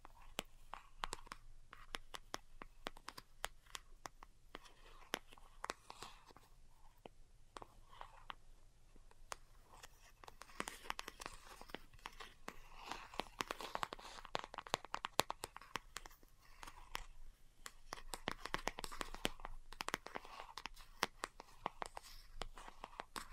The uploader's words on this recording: ASMR DELICATE Tapping for Sleep (No Talking).